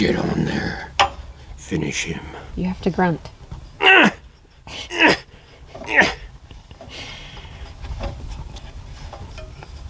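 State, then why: Not seated. Someone talks while a hydraulic hose quick-connect coupler from a breaker hammer attachment is pushed with effort onto a skid steer's auxiliary hydraulic port, with short knocks and scrapes of handling. The coupler is handled but not yet home, and nothing has seated or clicked yet.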